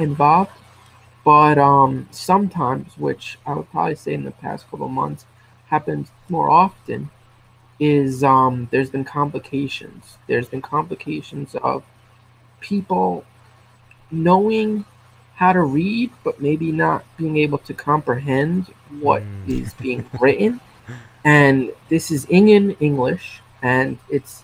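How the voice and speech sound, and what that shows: Adult male speech with a repeated phrase, stretched sounds and long silent pauses, consistent with stuttering. He has stuttered for as long as he can remember. He uses filler words to get out of a stutter. His blocks still occur but are less severe since he attended an intensive stuttering treatment program.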